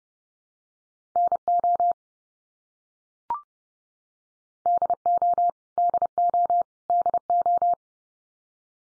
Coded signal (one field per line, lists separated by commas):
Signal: Morse code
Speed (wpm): 28 wpm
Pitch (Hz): 700 Hz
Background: none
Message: NO DO DO DO